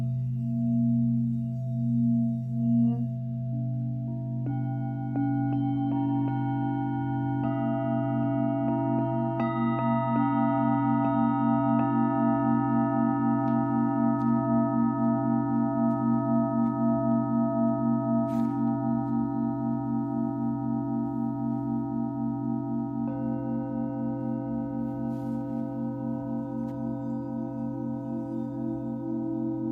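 Singing bowls hum in a steady, layered drone of low tones, with new higher rings entering every few seconds and sustaining throughout.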